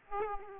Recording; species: mosquito wingbeat signal from an infrared sensor; Aedes aegypti